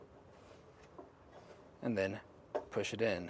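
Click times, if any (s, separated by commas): none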